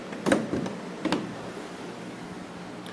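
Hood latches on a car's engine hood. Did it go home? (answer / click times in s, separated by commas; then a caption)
released / 0.3 s, 1.1 s. Two hood latches on the engine hood of a BMW 850i V12 are released by hand, using both hands, so the hood can be opened. Two pairs of sharp hits are heard, one pair per latch, with the clicks at 0.3 s and 1.1 s, followed by quiet background. Both latches are released.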